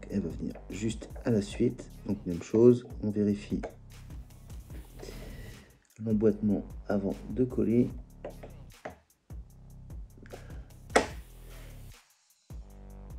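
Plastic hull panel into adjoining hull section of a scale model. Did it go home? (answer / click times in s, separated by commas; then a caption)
yes / 11.0 s. A plastic hull panel of a scale model is test-fitted against the adjoining hull section before gluing, while someone talks over background music. After some soft handling noises, a sharp click at 11.0 s marks the piece seating into place, and it fits together perfectly.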